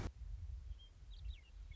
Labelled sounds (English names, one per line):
Western Meadowlark